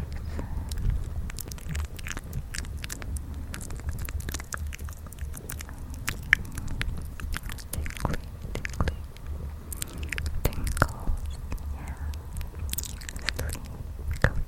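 Mouth sounds fill the clip with a busy run of wet clicks, smacks and chewing-like noises, coming several times a second without pause. Sharp taps and brief scratchy bursts stand out now and then, over a steady low rumble underneath.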